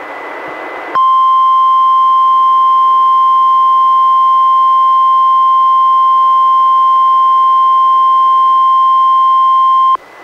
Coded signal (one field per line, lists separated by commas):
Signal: Emergency Alert System (SAME) tones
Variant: 1050 Hz attention tone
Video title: EAS #554: NWR Required Weekly Test- Sep. 22, 2021- 11:00AM PDT